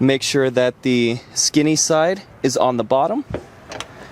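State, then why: Seated. A new gas lift support (strut) for the trunk of a 1998 Toyota Celica Convertible is pressed onto its lower ball stud mount, skinny side on the bottom. Someone talks, then at 3.8 s a short, sharp snap is heard as the strut's ball socket end seats onto the ball stud.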